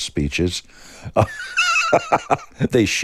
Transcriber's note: laughter